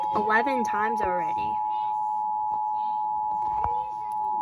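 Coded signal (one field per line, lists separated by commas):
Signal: Emergency Alert System (SAME) tones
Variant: 853 and 960 Hz attention tone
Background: speech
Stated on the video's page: Tornado warning aired on an Iowa radio station; the alert was incomplete because it got interrupted.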